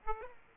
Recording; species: mosquito wingbeat signal from an infrared sensor; Aedes aegypti